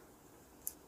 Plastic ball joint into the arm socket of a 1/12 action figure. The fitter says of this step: You have to hear that clicking sound and then that clicking sound for this side.